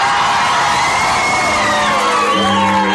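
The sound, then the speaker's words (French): A large Parisian audience applauds loudly and continuously for three seconds, with shrill whistles, whoops and cheering rising above the dense clapping. “Ces applaudissements sont parisiens.”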